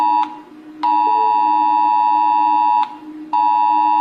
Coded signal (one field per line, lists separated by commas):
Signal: Emergency Alert System (SAME) tones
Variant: 853 and 960 Hz attention tone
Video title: Rating eas alarm part 5